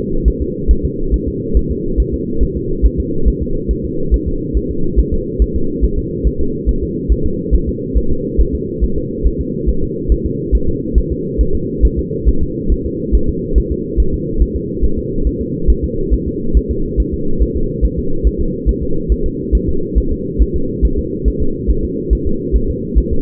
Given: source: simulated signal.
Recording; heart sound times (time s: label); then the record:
fetal heart sounds
0.28 s: S1
0.42 s: S2
0.71 s: S1
0.85 s: S2
1.14 s: S1
1.28 s: S2
1.57 s: S1
1.71 s: S2
2.00 s: S1
2.14 s: S2
2.43 s: S1
2.57 s: S2
2.86 s: S1
3.00 s: S2
3.28 s: S1
3.42 s: S2
3.71 s: S1
3.85 s: S2
4.14 s: S1
4.28 s: S2
4.57 s: S1
4.71 s: S2
5.00 s: S1
5.14 s: S2
5.42 s: S1
5.56 s: S2
5.84 s: S1
5.99 s: S2
6.27 s: S1
6.41 s: S2
6.69 s: S1
6.83 s: S2
7.12 s: S1
7.26 s: S2
7.55 s: S1
7.69 s: S2
7.98 s: S1
8.12 s: S2
8.41 s: S1
8.55 s: S2
8.84 s: S1
8.98 s: S2
9.27 s: S1
9.41 s: S2
9.69 s: S1
9.84 s: S2
10.12 s: S1
10.26 s: S2
10.55 s: S1
10.69 s: S2
10.98 s: S1
11.12 s: S2
11.41 s: S1
11.55 s: S2
11.85 s: S1
11.99 s: S2
12.29 s: S1
12.43 s: S2
12.72 s: S1
12.86 s: S2
13.15 s: S1
13.29 s: S2
13.58 s: S1
13.72 s: S2
14.00 s: S1
14.14 s: S2
14.42 s: S1
14.56 s: S2
14.84 s: S1
14.99 s: S2
15.27 s: S1
15.41 s: S2
15.70 s: S1
15.84 s: S2
16.14 s: S1
16.28 s: S2
16.57 s: S1
16.71 s: S2
17.00 s: S1
17.14 s: S2
17.42 s: S1
17.57 s: S2
17.85 s: S1
17.99 s: S2
18.27 s: S1
18.41 s: S2
18.69 s: S1
18.83 s: S2
19.12 s: S1
19.26 s: S2
19.55 s: S1
19.69 s: S2
19.98 s: S1
20.12 s: S2
20.42 s: S1
20.56 s: S2
20.85 s: S1
20.99 s: S2
21.28 s: S1
21.42 s: S2
21.70 s: S1
21.85 s: S2
22.13 s: S1
22.27 s: S2
22.56 s: S1
22.70 s: S2
22.98 s: S1
23.12 s: S2
From the record:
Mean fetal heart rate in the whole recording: 140 bpm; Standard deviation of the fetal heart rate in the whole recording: 2 bpm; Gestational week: 34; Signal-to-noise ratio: -8.1 dB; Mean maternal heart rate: 72 bpm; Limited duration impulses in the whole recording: absent